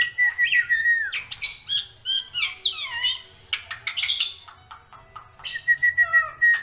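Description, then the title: Black-winged myna song opening with a steady whistle, then a jumble of harsh squawks and chattering notes, ending on another level whistle. Dense, varied song of a prolific singer, used for training other songbirds (masteran). "Kicauan Rapat Jalak Putih Gacor Banyak Variasi Untuk Masteran"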